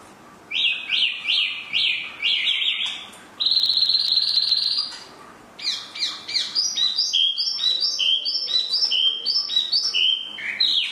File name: hwamei mini